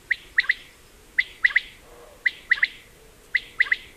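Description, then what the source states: Common quail song: crisp three-note phrases repeated about once a second, four times, each a sharp liquid triplet. Male song, a call to females that travel in stages from Africa to Europe; winters south of the Sahara, arriving in spring.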